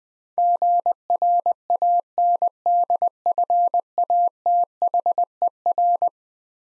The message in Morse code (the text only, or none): GRANDFATHER